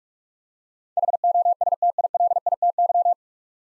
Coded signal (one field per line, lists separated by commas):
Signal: Morse code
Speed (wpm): 44 wpm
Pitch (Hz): 700 Hz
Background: none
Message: HOSTILITY